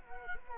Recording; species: mosquito wingbeat signal from an infrared sensor; Culex quinquefasciatus